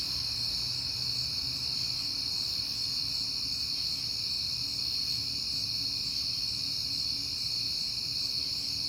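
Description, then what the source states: Constant high-pitched cricket trilling, overlapping evenly, with a soft low rumble in the background. Crickets recorded at night in September on a peaceful night, with passing cars.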